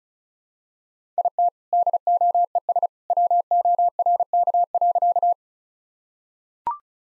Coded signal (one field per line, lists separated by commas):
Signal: Morse code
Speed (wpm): 36 wpm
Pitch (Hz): 700 Hz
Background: none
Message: IT DOES WORK.